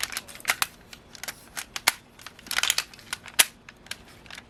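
A combined plastic shield piece with notches is pressed down over two lifted blue tabs underneath a toy megazord robot vehicle, with scattered small plastic rattles and taps throughout. Sharp plastic clicks sound at 1.9 s and 3.4 s as the shield piece locks onto the tabs and seats in place.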